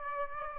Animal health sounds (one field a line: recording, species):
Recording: mosquito wingbeat signal from an infrared sensor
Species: Aedes aegypti